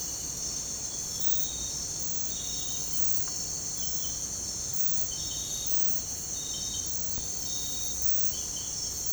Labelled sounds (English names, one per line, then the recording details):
none
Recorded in pastures near Puerto Asís, Putumayo, Colombia, on 22 December 2024 at 04:30
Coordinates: 0.466, -76.322
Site G040